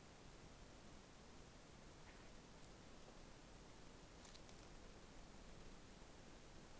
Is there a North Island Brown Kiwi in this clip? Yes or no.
no